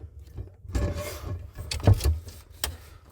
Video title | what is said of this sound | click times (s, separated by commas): The ÖBB NightJet MiniCab: Eleven Hours in a Sleep Capsule Train Across Germany | I heard a click. I'm in. | 2.6 s